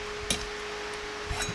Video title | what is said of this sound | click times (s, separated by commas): XT Falcon budget build 57 | it's wiggling it side to side till it clicks in like that right | 0.3 s